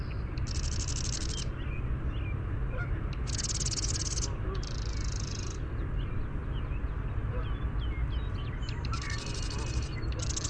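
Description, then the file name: Marsh wren singing, buzzy high rattling bursts about a second long, repeated several times, over a heavy low rumble of background noise. "MAWR song"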